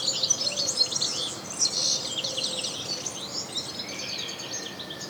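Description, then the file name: European goldfinch twittering, a steady stream of high chirps and short trills, with a soft low tonal sound in the background. "Carduelis carduelis"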